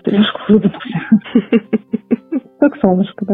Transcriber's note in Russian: Корреспондент смеется